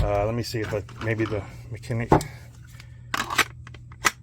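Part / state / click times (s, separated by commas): handgun with weapon light into Kydex holster / seated / 3.1 s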